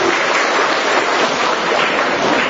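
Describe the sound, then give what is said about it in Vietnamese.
An audience claps steadily for a couple of seconds in a round of applause welcoming a fellow brother, a dense, even wash of many hands with no voices or pauses breaking through. “Chúng ta cho một tràng pháo tay hô một người anh em.”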